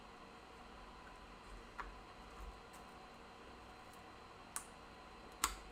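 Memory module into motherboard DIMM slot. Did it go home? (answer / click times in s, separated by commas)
yes / 4.6 s, 5.4 s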